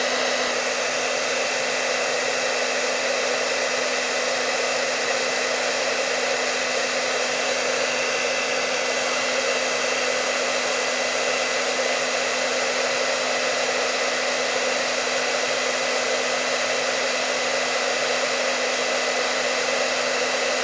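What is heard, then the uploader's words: A hair dryer blows at a constant level throughout, a dense steady whoosh with a bright airy hiss and a low motor hum. Hairdryer Noise.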